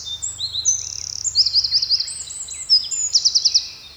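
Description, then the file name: Eurasian wren song: a fast, high, tinkling outpouring of sharp notes and rattling trills, loud and continuous for about four seconds, with a faint low hum beneath. "Troglodytes troglodytes"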